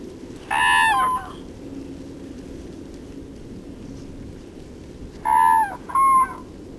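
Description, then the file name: Crane calls: two loud bursts of rough, harmonic trumpeting, one near the start and a double-noted one after five seconds, over a steady low hum. "Gru"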